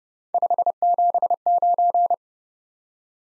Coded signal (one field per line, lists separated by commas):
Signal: Morse code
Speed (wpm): 37 wpm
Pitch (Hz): 700 Hz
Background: none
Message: 579